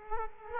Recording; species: mosquito wingbeat signal from an infrared sensor; Culex quinquefasciatus